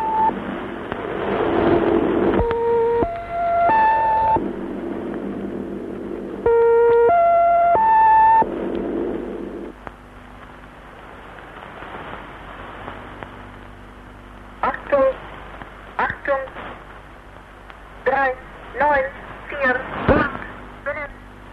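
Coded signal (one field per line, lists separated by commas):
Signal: numbers station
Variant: East German, German language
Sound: three-note rising tone chime played twice, static, then short evenly spaced spoken words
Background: radio static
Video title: East German Numbers Station (1977)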